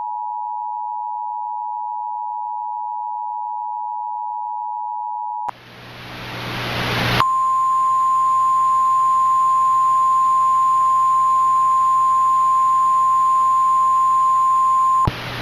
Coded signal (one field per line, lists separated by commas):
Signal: Emergency Alert System (SAME) tones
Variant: 853 and 960 Hz attention tone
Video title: EAS Mock: Lincoln's Mile Wide Tornado